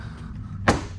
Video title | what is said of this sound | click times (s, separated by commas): How to install fender flares on a 2023 Hyundai Santa Cruz | there you go and then the bottom one just pops right in on its own now you've got everything in place | 0.7 s